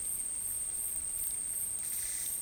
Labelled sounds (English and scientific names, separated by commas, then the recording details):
none
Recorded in dense forest near Puerto Asís, Putumayo, Colombia, on 23 June 2025 at 10:30
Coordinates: 0.503, -76.323
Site G059